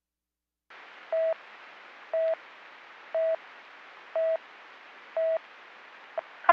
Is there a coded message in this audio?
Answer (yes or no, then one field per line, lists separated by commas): no